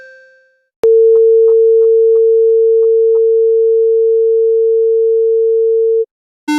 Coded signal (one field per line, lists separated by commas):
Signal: telephone call progress tone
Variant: China, 450 Hz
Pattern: dial tone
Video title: Foxy Rates EAS Alarms Part 6! (this took an eternity to make)